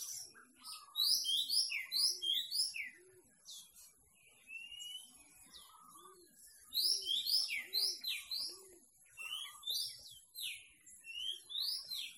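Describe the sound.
Birds in bursts of high twittering and sharp chirps, broken by quieter gaps, while a soft low cooing note repeats steadily beneath them.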